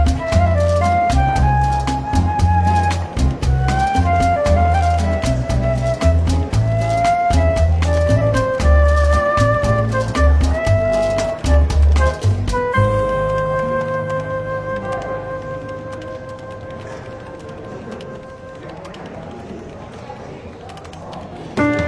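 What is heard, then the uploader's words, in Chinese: Soft, relaxed jazz plays in a bookshop café, with a steady walking bass and a gentle melody over it for the first twelve seconds. Then the bass drops out and long held chords take over, growing slowly quieter toward the end. 伦敦书店咖啡馆轻微喧闹氛围与柔和轻松的爵士背景音乐。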